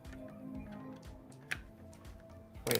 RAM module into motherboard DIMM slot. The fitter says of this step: Wait why is that oh my already oh that was a solid click there right there